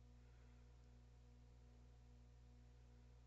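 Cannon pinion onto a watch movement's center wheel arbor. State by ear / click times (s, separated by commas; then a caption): not seated / none. A cannon pinion is lined up on the center wheel arbor of an old Rolex watch movement before being pushed on. Only a steady, even hum with tonal lines in the low and mid range is heard, with no sudden sounds. Nothing has clicked or seated yet.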